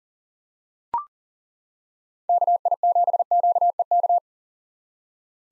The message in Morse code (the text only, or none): KI7QEK